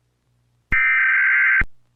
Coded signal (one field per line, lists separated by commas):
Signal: Emergency Alert System (SAME) tones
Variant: header bursts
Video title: EAS Mock: me when I hort (4/12/14, New AU)